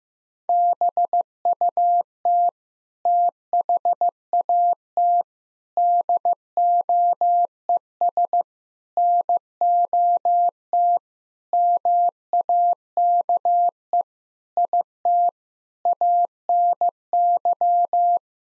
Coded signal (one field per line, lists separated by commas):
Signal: Morse code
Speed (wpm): 15 wpm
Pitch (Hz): 700 Hz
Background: none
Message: BUT THAT DOES NOT MAKE IT ANY